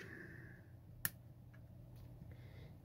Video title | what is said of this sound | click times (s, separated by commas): DJI FPV Drone Mode 4 - The first DJI FPV Transmitter Teardown and Modification🔥 | yeah i'm going to connect this one here click | 1.0 s